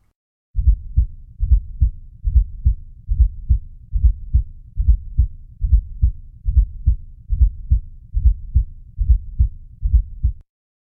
What this indicates is a really stiff or hypertrophic ventricle and the sound is caused by turbulent flow from an atria that's contracting against a ventricle that is non-compliant or doesn't want to fill with blood. Fourth heart sound just before the first one. Heart sounds recorded on a Thinklabs Digital Stethoscope.